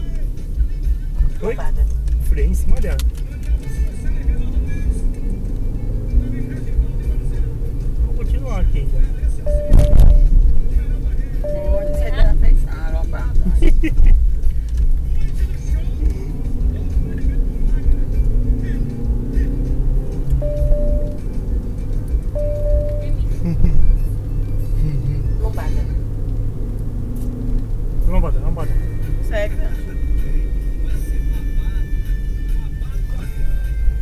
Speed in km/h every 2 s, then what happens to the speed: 21, 27, 38, 44, 43, 45, 25, 27, 38, 49, 55, 59, 60, 64, 58, 37, 20.
0-5 speeds up to 44. 5-10 steady at about 44. 10-12 brakes to 25. 13-26 speeds up to 64. 26-34 brakes to 20.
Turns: none.